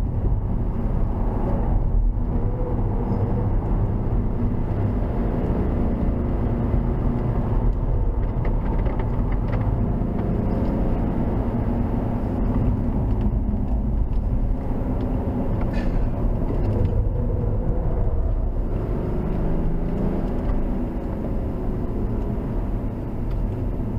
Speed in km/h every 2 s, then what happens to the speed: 118, 124, 130, 126, 126, 127, 81, 64, 66, 76, 60, 50.
0-4 speeds up to 130. 4-10 steady at about 126. 10-14 brakes to 64. 14-19 steady at about 66. 19-24 brakes to 50.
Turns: 11-17, 20-24.